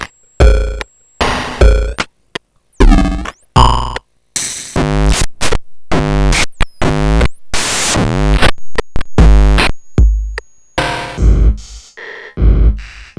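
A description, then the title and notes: Circuit-bent electronics sputter in abrupt bursts, stopping dead into silence between them. Buzzy pitched tones sweep and wobble, swerving up and down, while some bursts turn to harsh hiss and static. Near the end the chopped fragments come faster and shorter. Circuit bent Yamaha REX50. Demo of real-time circuit bent effects created by a Yamaha REX50. Mods include a 12 way RAM decimation switch matrix, with an extra switch to take the distortion based switches from mild to offensive, and a system reclocking knob.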